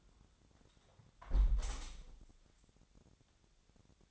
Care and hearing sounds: daily activity, microphone in the room; close window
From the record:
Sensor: 3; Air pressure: 1000.4 hPa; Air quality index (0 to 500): 151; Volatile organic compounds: 2 ppm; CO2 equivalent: 1313 ppm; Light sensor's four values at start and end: 13/35/14/15 and 13/34/13/15

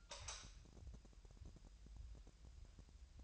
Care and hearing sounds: daily activity, microphone in the room; light on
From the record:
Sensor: 2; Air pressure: 1001.7 hPa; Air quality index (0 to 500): 240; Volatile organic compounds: 31 ppm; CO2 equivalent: 2972 ppm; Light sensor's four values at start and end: 4/10/4/4 and 8/24/10/9

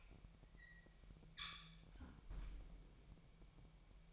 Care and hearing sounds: daily activity, microphone in the room; close fridge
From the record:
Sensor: 1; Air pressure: 1002.0 hPa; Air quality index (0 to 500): 244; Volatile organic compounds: 49 ppm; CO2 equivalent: 3285 ppm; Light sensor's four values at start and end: 8/28/10/11 and 8/28/10/11

